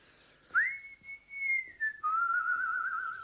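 A person whistles a short melody: a rising note held steady, a slight dip, then a lower sustained note with gentle wavering, clear and fairly loud with no talking.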